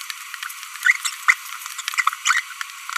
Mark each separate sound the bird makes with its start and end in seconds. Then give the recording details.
0.83-0.96, 1.05-1.09, 1.28-1.33, 2.25-2.40. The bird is a female. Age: 25 days. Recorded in a nest box in Venezuela. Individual 17B42B1